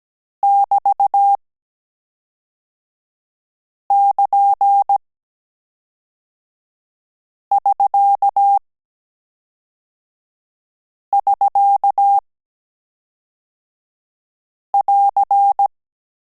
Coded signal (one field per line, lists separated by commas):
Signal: Morse code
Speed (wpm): 17 wpm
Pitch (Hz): 800 Hz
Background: none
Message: <BT><KN><SK><SK><AR>